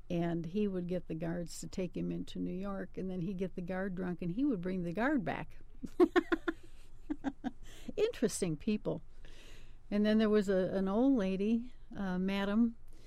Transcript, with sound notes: and he would get the guards to take him into New York and then he'd get the guard drunk and he would bring the guard back. [Laughs] Interesting people. And then there was a-an old lady, Madam.